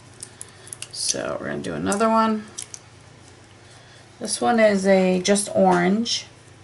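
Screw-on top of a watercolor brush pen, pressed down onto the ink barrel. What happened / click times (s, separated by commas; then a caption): The plastic cap is being handled but has not yet snapped home / none. Someone talks while handling a Beinfang watercolor brush pen, its white safety band removed and the plastic screw-on top being turned down onto the ink barrel to activate the ink. Light handling ticks are heard near the start and around 2.7 s. Nothing has seated or snapped yet; the clip ends before the inner seal gives.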